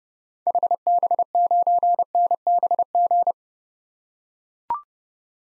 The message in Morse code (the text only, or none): HB9NBG